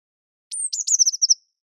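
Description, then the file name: Eurasian blue tit single song phrase, a high piercing introductory note slurring down into a brisk, even trill. "Cyanistes caeruleus"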